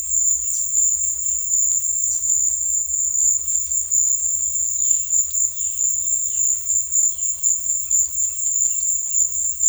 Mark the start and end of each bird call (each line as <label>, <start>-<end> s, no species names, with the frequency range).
bird call (2.1-4.6 kHz), 4.68-7.46 s
bird call (2.3-4.0 kHz), 7.79-9.27 s